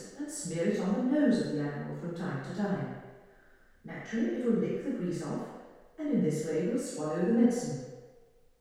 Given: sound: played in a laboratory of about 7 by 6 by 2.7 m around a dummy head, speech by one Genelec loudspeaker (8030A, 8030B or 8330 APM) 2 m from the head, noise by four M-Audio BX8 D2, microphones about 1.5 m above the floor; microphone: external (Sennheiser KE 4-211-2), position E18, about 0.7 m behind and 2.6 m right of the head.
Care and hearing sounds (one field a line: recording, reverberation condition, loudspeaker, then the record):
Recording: female speech in English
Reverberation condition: high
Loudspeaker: behind (180 degrees)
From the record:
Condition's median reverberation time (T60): about 1300 ms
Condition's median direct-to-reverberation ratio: about -4.0 dB